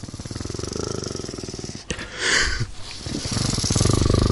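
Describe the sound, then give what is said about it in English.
A voice imitates an eastern tiger's growl: a low, rough, rattling rumble that pulses steadily, breaks into a harsh breathy snarl midway, then rolls back into a louder throaty growl. “You can hear him, so right, be careful, mate.”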